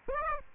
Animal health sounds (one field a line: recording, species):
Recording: mosquito wingbeat signal from an infrared sensor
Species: Aedes aegypti